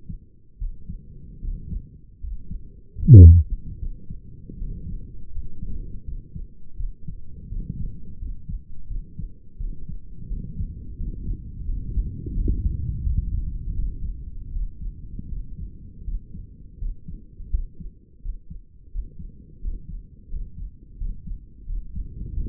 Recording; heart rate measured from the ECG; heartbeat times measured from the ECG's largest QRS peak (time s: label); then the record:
heart sounds by stethoscope; 83 bpm
0.58 s: heartbeat
1.40 s: heartbeat
2.20 s: heartbeat
2.99 s: heartbeat
3.78 s: heartbeat
4.58 s: heartbeat
5.32 s: heartbeat
6.04 s: heartbeat
6.76 s: heartbeat
7.49 s: heartbeat
8.19 s: heartbeat
8.88 s: heartbeat
9.57 s: heartbeat
10.28 s: heartbeat
10.97 s: heartbeat
11.65 s: heartbeat
12.33 s: heartbeat
13.02 s: heartbeat
13.74 s: heartbeat
14.52 s: heartbeat
15.28 s: heartbeat
16.04 s: heartbeat
16.78 s: heartbeat
17.51 s: heartbeat
18.21 s: heartbeat
18.91 s: heartbeat
19.60 s: heartbeat
20.29 s: heartbeat
20.97 s: heartbeat
21.65 s: heartbeat
22.33 s: heartbeat
From the record:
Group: healthy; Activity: rest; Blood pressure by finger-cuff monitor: 114/72 mmHg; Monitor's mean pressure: 81 mmHg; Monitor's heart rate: 82 bpm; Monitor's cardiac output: 6.7 L/min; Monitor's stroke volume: 83 mL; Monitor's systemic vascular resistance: 860 dyn s/cm5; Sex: male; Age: 35 years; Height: 180 cm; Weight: 86.9 kg